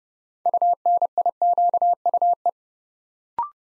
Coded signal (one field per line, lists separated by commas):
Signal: Morse code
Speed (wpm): 29 wpm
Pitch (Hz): 700 Hz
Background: none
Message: UNIQUE